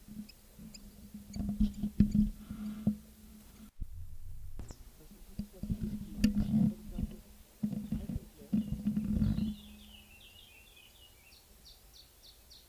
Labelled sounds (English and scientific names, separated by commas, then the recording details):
Canary Islands Chiffchaff (Phylloscopus canariensis)
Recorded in the wild
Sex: male
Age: adult
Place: Privatpark "Chiripa" in Puerto de la Cruz, Teneriffa, Teneriffa, Kanarische Inseln, ES
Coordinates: 28.4094, -16.5447
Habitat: park
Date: 1964-04-28 19:10
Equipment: Nagra III PH, Parabolspiegelmikrophon, LGS26
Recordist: Faber, A. and Schneider, H.-J